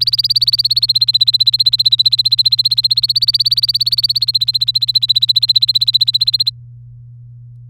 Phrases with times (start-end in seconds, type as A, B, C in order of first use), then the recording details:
0.00-6.50 A. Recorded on 3 May 2018 at 16:46. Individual llb3